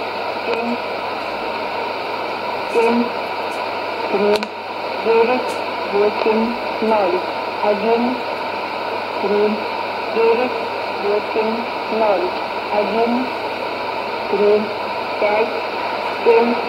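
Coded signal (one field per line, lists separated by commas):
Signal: numbers station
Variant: S06s, Russian female voice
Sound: female voice reading short evenly spaced numbers in Russian over hissy radio static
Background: radio static, carrier hum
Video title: 24 09 2019 S06s Russian Lady numbers station in Russian to Eu 1104 on 6190 unknown tx site USB+AM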